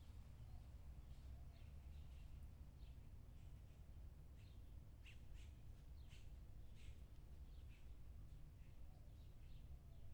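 Bird song heard as short, scattered high chirps and twitters, faint above a steady low rumble throughout.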